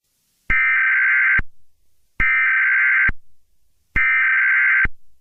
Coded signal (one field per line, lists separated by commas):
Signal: Emergency Alert System (SAME) tones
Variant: header bursts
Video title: EAS Scenario | The Wither Storm (#94)